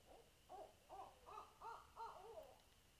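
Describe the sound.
Owl giving a quick run of about seven arched, nasal hoots, each roughly a third of a second apart, rising then falling slightly.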